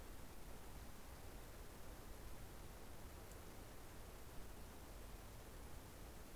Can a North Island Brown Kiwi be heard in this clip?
no